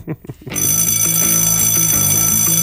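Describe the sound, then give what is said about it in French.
A ringer bell in a bedroom, played on a radio broadcast on 89.1 FM, starts ringing abruptly after a brief low rumble, then keeps jangling loudly and continuously with a bright, metallic shimmer and a steady pulsing rhythm underneath. “Vous n'êtes pas en retard, c'est juste une sonnerie, une sonnette dans la chambre.”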